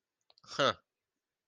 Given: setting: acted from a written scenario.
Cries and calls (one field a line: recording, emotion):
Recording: vocal sound without words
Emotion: amusement